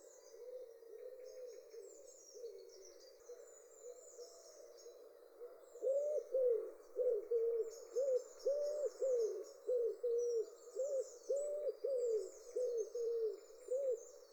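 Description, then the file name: Common wood pigeon cooing, quiet at first and louder from midway, a string of hollow, arched notes, with high twittering songbirds heard throughout. "houtduif"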